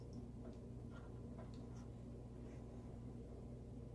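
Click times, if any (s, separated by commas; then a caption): none. A new door interlock switch for a GE Profile Spacemaker XL 1800 microwave is handled at the microwave's switch holder. Faint small ticks and handling noises sound over a steady low hum. Nothing has seated or clicked yet.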